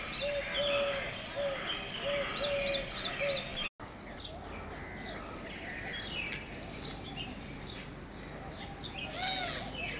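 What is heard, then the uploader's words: Birds chirp busily in a garden, with rapid bright trills, a repeated low whistle early, a brief cut near four seconds, and steady background hum. Chirping of Birds at the Sector-B Garden of Indira Nagar, Lucknow.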